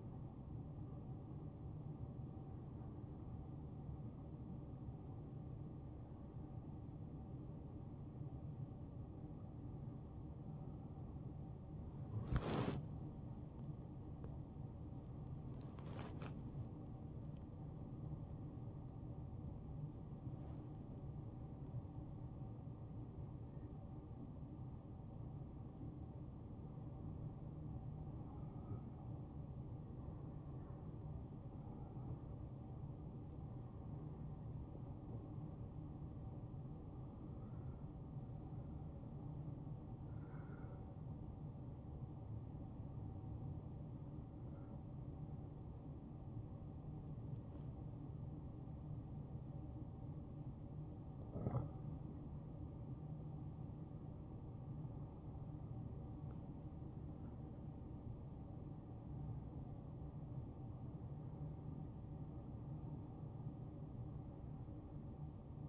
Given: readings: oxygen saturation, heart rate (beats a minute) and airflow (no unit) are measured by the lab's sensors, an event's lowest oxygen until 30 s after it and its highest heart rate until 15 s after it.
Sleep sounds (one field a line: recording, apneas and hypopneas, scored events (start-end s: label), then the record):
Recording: a person awake in a sleep study, by a smartphone at the bedside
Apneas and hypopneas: none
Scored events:
0.00-65.69 s: awake
0.00-65.69 s: awake
From the record:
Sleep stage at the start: awake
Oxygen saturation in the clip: 91 to 94%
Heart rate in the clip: 72 to 80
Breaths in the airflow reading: 18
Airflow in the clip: -3.5 to 6.9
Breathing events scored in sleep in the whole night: 263 in 5.5 hours asleep